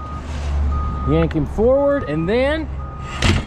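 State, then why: Seated. Someone talks while pressing a snap button on the fold-down porch railing of a 2021 Alliance Valor 41V15 RV and yanking the rail forward into its locking bracket. A sharp metal click sounds at 3.2 s as the railing latches and locks into place.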